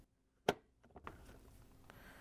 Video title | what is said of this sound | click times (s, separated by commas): Whirlpool Dishwasher Electronic Control Board WPW10084141 Replacement — fits KitchenAid/Maytag | Once you have it on, you can snap the left end of the control board in. | 0.5 s